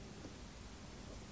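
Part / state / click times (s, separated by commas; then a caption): small plastic engine part with locating keys into the scale model engine block / not seated / none. A small plastic part with three locating keys is being lined up and pressed toward its place on the engine block of a 1/8 scale Ferrari 330 P4 model. Only a steady, broadband hiss with faint rustling handling noise is heard, with no distinct click. Nothing has seated or clicked yet.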